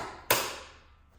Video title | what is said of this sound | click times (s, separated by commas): V10 M5 THROTTLE ACTUATORS REPLACEMENT | Listen for the click. | 0.3 s